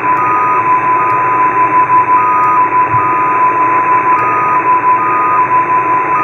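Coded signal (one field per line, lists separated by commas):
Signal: numbers station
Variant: XPA2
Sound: steady mid-pitched tone with a slightly higher tone switching on and off, under hiss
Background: radio static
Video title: XPA2 7684kHz 16:20 UTC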